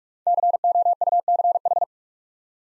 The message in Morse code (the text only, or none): COUCH